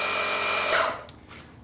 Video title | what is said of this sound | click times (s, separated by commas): Wrestle Your Rubber - Ducati Multistrada 1200 Tyre Replacemnt | Okay, it popped the seed about 25 psi, which is pretty good. | 1.1 s